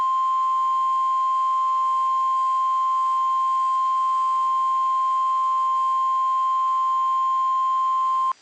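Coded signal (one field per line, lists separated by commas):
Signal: Emergency Alert System (SAME) tones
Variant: 1050 Hz attention tone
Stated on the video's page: Compilation of real EAS alerts received on one day.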